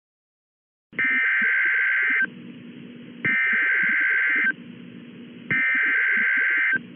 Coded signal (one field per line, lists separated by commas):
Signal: Emergency Alert System (SAME) tones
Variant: header bursts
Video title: (Creepypasta) Emergency Alert System